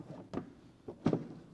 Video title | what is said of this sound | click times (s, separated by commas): 2022 Street Glide adjustable shocks tutorial | lock it in place, and then there you go. | 1.1 s